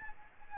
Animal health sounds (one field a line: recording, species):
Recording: mosquito wingbeat signal from an infrared sensor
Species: Aedes albopictus